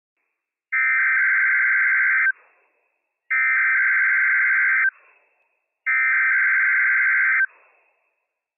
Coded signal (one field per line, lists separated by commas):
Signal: Emergency Alert System (SAME) tones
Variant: header bursts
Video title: NWSFO PDT Required Weekly Test - WWF56 - EAS #219 - 10:22 AM PST 1/26/22